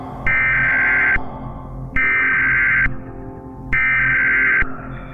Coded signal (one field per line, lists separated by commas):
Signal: Emergency Alert System (SAME) tones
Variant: header bursts